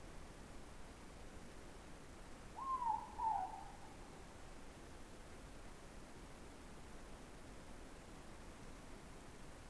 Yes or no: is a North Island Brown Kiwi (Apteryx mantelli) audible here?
no